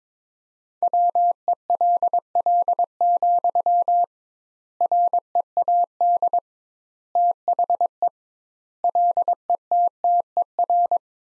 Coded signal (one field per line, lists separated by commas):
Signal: Morse code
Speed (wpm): 21 wpm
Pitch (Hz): 700 Hz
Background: none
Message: WELL, READ THE LETTER